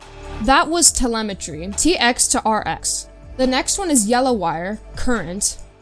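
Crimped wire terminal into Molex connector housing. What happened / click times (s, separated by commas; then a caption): Handled, not yet home: no seating click yet / none. A crimped terminal on the yellow current wire is being handled toward a plastic Molex connector housing while someone talks over background music. Nothing has seated or clicked into the housing yet.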